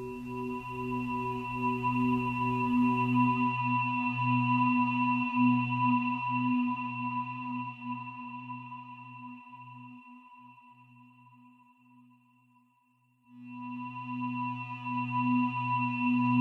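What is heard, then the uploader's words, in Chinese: A singing bowl rings with steady low and bright tones, slowly fading from about three seconds until a fresh strike at thirteen seconds. 胰及DNA频率117.3-528Hz丨颂钵。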